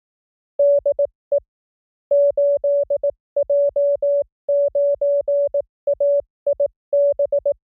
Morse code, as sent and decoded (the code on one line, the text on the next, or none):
-.. . / ---.. .--- ----. .- .. -...
DE 8J9AIB